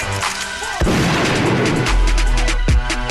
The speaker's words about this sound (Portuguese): Meu último reflexo, um tiro de oitão. Um tiro de oitão.